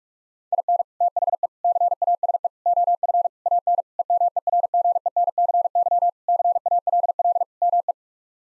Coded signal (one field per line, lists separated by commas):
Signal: Morse code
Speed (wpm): 42 wpm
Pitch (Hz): 700 Hz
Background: none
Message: IN THE CASE OF AN EMERGENCY CALL ME